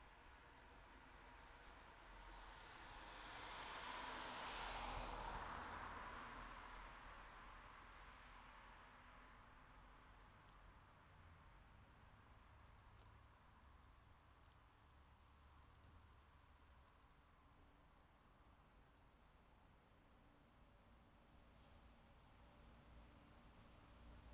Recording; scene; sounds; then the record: everyday scene through a hearing-aid microphone; in traffic; traffic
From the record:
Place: city secondary road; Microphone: in the ear canal, left